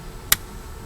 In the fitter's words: we know it's locked in place we can grab it it won't come up